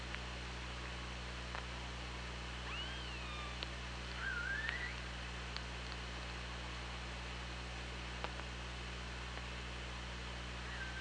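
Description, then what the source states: Killer whale calls: a sweeping tonal call, then a brighter rising whistle-like call, with sparse sharp clicks over constant low-frequency hum and hiss. OrcaLab hydrophone, 24 August 2017, around 16:01.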